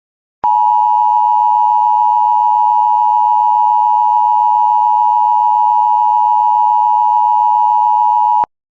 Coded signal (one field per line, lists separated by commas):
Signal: Emergency Alert System (SAME) tones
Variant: 853 and 960 Hz attention tone